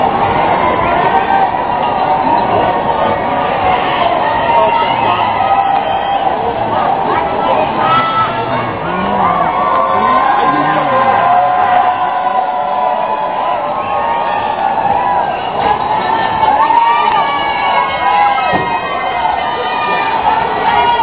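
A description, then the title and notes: People watching and taking part make a thick, steady wash of crowd chatter, many voices overlapping with no pauses. Occasional raised shouts and whoops poke out above the murmur, and the level stays even throughout, with little top end. NYC MARATHON 2017 - New York City FUN Moments. Misty rain, and some typically odd people watching & participating.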